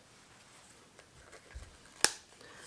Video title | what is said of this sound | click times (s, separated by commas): The Newfoundland Hobbyist - Rogers tv | Get it snapped in place, and look at that package. | 2.0 s